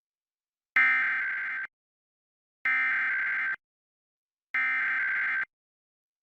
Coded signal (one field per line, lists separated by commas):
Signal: Emergency Alert System (SAME) tones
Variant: header bursts